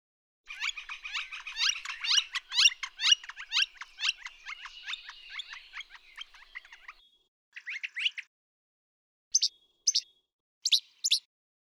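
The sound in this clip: Brown thrasher song: a long run of rapid, sharp, high notes for about six seconds, then short separate phrases and clipped notes in pairs.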